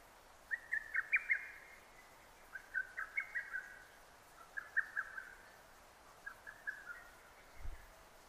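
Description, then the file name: Lesser cuckoo song, four phrases of quick chattering whistles a couple of seconds apart, growing fainter, with a brief low thump near the end. Recorded 6 June 2009. "hototogisu 20090606"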